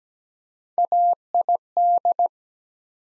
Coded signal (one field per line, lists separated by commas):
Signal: Morse code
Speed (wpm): 17 wpm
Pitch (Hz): 700 Hz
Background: none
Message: AID